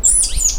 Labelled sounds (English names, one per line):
Stitchbird song